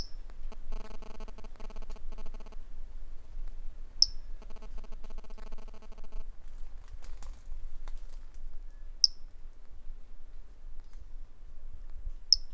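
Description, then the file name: Brachycephalus tridactylus call: very short, high, pure pip-like notes, spaced several seconds apart, four in total, over low background rumble and faint clicking. Individual 01, specimen MHNCI 10294, collected by M. R. Bornschein. "Brachycephalus tridactylus individual 01 collected MHNCI 10294 by MR Bornschein"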